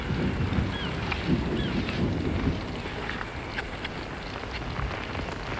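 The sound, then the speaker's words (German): Steady rain hisses without a break, scattered drops ticking sharply over a low rumbling wash like wind and water, with a few faint squeaks here and there and no one speaking. “Willst du nicht deinen Block unter die Plane holen? Er wird ganz nass.”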